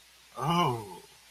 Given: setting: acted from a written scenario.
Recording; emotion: vocal sound without words; desire